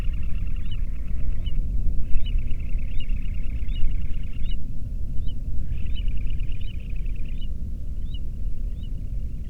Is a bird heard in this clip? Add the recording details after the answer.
yes. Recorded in the Prudhoe Bay oil fields, Alaska, on 13 June 2019 at 00:34. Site 30